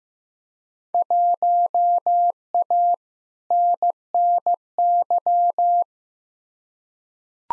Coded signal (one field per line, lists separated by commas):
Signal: Morse code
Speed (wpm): 15 wpm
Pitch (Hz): 700 Hz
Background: none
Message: 1A NNY